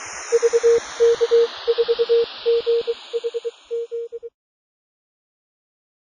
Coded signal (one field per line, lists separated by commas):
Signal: Morse code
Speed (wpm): 23 wpm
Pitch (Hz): 470 Hz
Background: none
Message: VK4GHZ